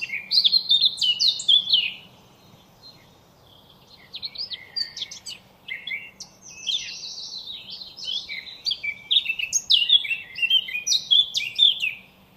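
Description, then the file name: Eurasian blackcap song: a burst of rich, rapid warbling, a pause of about two seconds, then a longer, busier outpouring. "Sylvia atricapilla"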